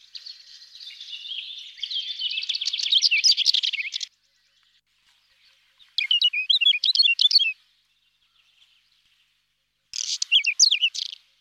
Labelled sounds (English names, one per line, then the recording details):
Whinchat song
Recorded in the wild
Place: Braslawskiye, BY
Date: 2005-05-19
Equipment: Minidisc Sony MZ-R35, Telinga DAT, Telinga-Parabolspiegel
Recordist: Schwarz, Dieter
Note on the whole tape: Song